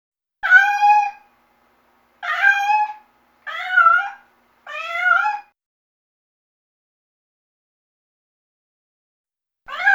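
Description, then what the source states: Cat meowing repeatedly, four short pleading cries in quick succession, then silence before one more begins. Light distress cry.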